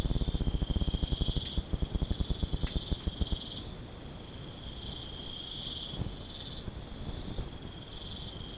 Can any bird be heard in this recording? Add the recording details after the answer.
no. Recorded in pastures near Puerto Asís, Putumayo, Colombia, on 21 March 2025 at 04:30. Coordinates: 0.505, -76.324. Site GP08